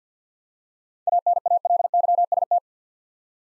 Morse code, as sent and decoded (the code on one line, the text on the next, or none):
.- -. .- .-.. -.-- ... -
ANALYST